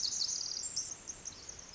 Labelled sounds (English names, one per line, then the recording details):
Pacific Wren
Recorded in Sonoma County, California